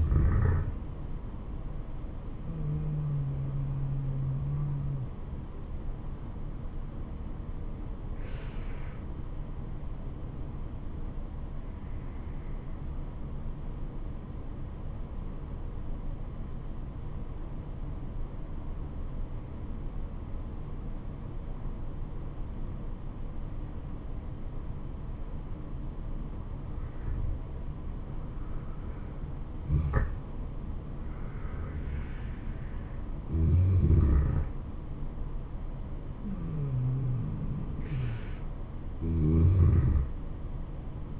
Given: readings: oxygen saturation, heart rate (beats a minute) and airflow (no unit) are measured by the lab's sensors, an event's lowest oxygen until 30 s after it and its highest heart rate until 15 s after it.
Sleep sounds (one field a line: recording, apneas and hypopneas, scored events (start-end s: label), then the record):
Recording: breathing in sleep by a smartphone at the bedside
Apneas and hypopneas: 1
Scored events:
10.00-28.50 s: obstructive apnea (N2, oxygen 96% highest, then 90% lowest, heart rate 74 at the start, 77 highest)
From the record:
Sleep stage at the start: N2 (light sleep)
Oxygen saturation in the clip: 86 to 96%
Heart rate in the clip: 68 to 77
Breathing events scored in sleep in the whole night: 426 in 7.4 hours asleep